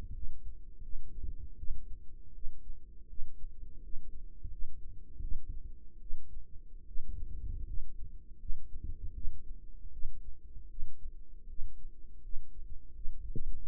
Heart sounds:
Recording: heart sounds by microphone in the right ear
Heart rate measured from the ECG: 80 bpm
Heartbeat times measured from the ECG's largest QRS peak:
0.13 s: heartbeat
0.82 s: heartbeat
1.57 s: heartbeat
2.33 s: heartbeat
3.08 s: heartbeat
3.81 s: heartbeat
4.49 s: heartbeat
5.20 s: heartbeat
6.00 s: heartbeat
6.86 s: heartbeat
7.65 s: heartbeat
8.38 s: heartbeat
9.13 s: heartbeat
9.91 s: heartbeat
10.69 s: heartbeat
11.48 s: heartbeat
12.22 s: heartbeat
12.93 s: heartbeat
13.62 s: heartbeat
From the record:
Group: healthy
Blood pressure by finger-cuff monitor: 100/56 mmHg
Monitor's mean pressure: 69 mmHg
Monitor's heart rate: 80 bpm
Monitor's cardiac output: 7.4 L/min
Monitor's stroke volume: 92 mL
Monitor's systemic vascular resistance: 670 dyn s/cm5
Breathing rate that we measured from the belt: 16 breaths a minute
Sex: female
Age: 22 years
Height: 157 cm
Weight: 47.6 kg

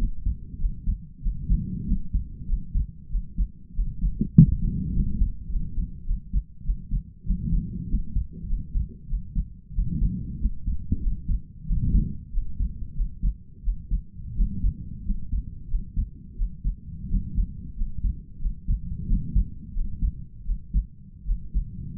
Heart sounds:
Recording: heart sounds by stethoscope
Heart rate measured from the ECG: 93 bpm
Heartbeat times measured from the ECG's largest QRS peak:
0.57 s: heartbeat
1.20 s: heartbeat
1.84 s: heartbeat
2.45 s: heartbeat
3.08 s: heartbeat
3.72 s: heartbeat
4.33 s: heartbeat
4.92 s: heartbeat
5.48 s: heartbeat
6.04 s: heartbeat
6.62 s: heartbeat
7.23 s: heartbeat
7.87 s: heartbeat
8.46 s: heartbeat
9.06 s: heartbeat
9.72 s: heartbeat
10.38 s: heartbeat
10.99 s: heartbeat
11.64 s: heartbeat
12.30 s: heartbeat
12.93 s: heartbeat
13.61 s: heartbeat
14.33 s: heartbeat
15.02 s: heartbeat
15.66 s: heartbeat
16.34 s: heartbeat
17.07 s: heartbeat
17.74 s: heartbeat
18.38 s: heartbeat
19.05 s: heartbeat
19.72 s: heartbeat
20.43 s: heartbeat
21.23 s: heartbeat
From the record:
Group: healthy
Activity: rest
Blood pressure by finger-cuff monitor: 100/63 mmHg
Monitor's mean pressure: 73 mmHg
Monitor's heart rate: 94 bpm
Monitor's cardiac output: 6.1 L/min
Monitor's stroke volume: 64 mL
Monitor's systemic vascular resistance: 860 dyn s/cm5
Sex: male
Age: 22 years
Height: 181 cm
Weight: 60 kg

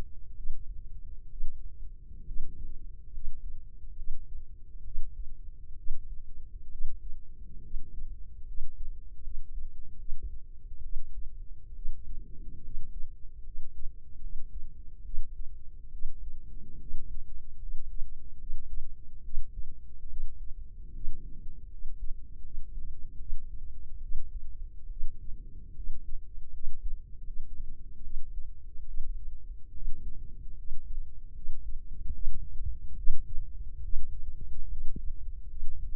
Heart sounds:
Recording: heart sounds by microphone in the left ear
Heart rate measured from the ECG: 72 bpm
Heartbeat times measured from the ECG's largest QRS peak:
0.33 s: heartbeat
1.28 s: heartbeat
2.24 s: heartbeat
3.10 s: heartbeat
3.94 s: heartbeat
4.82 s: heartbeat
5.74 s: heartbeat
6.68 s: heartbeat
7.60 s: heartbeat
8.44 s: heartbeat
9.20 s: heartbeat
9.95 s: heartbeat
10.81 s: heartbeat
11.72 s: heartbeat
12.60 s: heartbeat
13.42 s: heartbeat
14.19 s: heartbeat
15.02 s: heartbeat
15.89 s: heartbeat
16.77 s: heartbeat
17.58 s: heartbeat
18.37 s: heartbeat
19.21 s: heartbeat
20.06 s: heartbeat
20.91 s: heartbeat
21.68 s: heartbeat
22.41 s: heartbeat
23.16 s: heartbeat
23.99 s: heartbeat
24.87 s: heartbeat
25.72 s: heartbeat
26.50 s: heartbeat
27.23 s: heartbeat
28.00 s: heartbeat
28.84 s: heartbeat
29.71 s: heartbeat
30.54 s: heartbeat
31.32 s: heartbeat
32.11 s: heartbeat
32.94 s: heartbeat
33.80 s: heartbeat
34.67 s: heartbeat
35.46 s: heartbeat
From the record:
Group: healthy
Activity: rest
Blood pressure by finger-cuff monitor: 97/65 mmHg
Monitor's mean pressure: 76 mmHg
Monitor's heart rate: 72 bpm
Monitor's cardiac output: 5.5 L/min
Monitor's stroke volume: 77 mL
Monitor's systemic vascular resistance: 970 dyn s/cm5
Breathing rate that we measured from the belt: 13 breaths a minute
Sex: female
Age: 23 years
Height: 160 cm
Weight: 50.4 kg

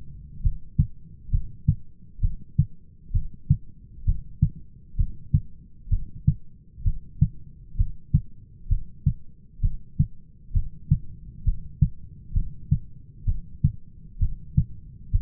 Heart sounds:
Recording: heart sounds by stethoscope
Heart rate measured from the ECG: 65 bpm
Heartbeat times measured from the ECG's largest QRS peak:
0.44 s: heartbeat
1.32 s: heartbeat
2.22 s: heartbeat
3.14 s: heartbeat
4.06 s: heartbeat
4.98 s: heartbeat
5.91 s: heartbeat
6.85 s: heartbeat
7.78 s: heartbeat
8.70 s: heartbeat
9.63 s: heartbeat
10.54 s: heartbeat
11.46 s: heartbeat
12.35 s: heartbeat
13.27 s: heartbeat
14.21 s: heartbeat
15.13 s: heartbeat
From the record:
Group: heart failure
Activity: rest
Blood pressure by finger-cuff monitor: 134/93 mmHg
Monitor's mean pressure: 108 mmHg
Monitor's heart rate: 65 bpm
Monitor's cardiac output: 6 L/min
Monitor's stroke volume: 92 mL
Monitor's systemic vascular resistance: 1330 dyn s/cm5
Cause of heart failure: idiopathic cardiomyopathy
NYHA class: 1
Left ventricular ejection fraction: 50%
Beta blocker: bisoprolol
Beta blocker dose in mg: 5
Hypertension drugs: candesartan, spironolactone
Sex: male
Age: 54 years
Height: 180 cm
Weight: 94.6 kg

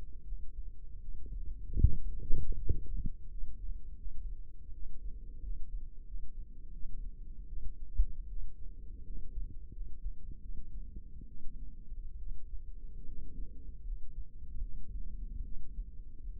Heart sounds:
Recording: heart sounds by microphone in the left ear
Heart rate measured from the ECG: 78 bpm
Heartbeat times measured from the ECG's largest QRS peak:
0.23 s: heartbeat
1.00 s: heartbeat
1.79 s: heartbeat
2.57 s: heartbeat
3.29 s: heartbeat
3.96 s: heartbeat
4.72 s: heartbeat
5.41 s: heartbeat
6.05 s: heartbeat
6.72 s: heartbeat
7.47 s: heartbeat
8.27 s: heartbeat
9.03 s: heartbeat
9.71 s: heartbeat
10.40 s: heartbeat
11.27 s: heartbeat
12.18 s: heartbeat
13.05 s: heartbeat
13.83 s: heartbeat
14.60 s: heartbeat
15.43 s: heartbeat
16.30 s: heartbeat
From the record:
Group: healthy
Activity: rest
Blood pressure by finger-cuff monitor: 110/60 mmHg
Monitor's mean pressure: 78 mmHg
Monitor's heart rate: 79 bpm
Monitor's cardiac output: 7 L/min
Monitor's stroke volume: 87 mL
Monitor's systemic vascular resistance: 810 dyn s/cm5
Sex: female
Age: 22 years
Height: 160 cm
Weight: 63 kg

